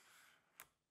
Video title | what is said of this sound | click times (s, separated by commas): A Vertical Subject Often Warrants a Vertical Composition - OM System | That click lets me know I'm at horizontal. | 0.6 s